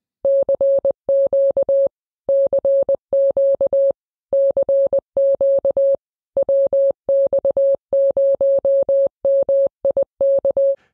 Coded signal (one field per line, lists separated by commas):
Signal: Morse code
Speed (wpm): 20 wpm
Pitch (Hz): 550 Hz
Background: none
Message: CQ CQ CQ WX0MIK